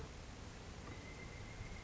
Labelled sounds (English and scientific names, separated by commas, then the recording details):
Pileated Woodpecker (Dryocopus pileatus)
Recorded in Sonoma County, California